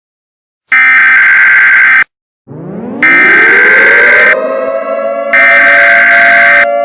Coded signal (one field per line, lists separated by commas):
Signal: Emergency Alert System (SAME) tones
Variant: header bursts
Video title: (2018 HYPOTHETICAL RECREATION) Yellow Hoodie Girl (EAS Scenario)